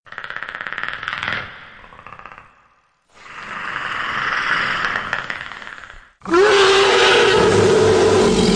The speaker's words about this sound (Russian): Прислушиваясь в промежутках между взрывами к далекому реву, Хилла с надеждой посмотрел на меня, словно не веря в происходящее.